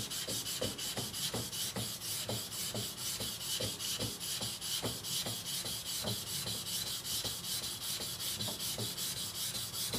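A knife is sharpened with steady, even strokes, roughly two or three per second, for the whole ten seconds. Each pass gives a bright, gritty scrape over a constant high hiss, with small low knocks marking the strokes.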